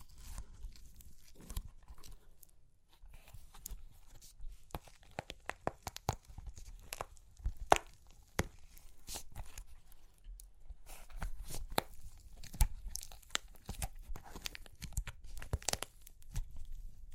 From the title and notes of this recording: Super Crunchy Clay Cracking (No Talking).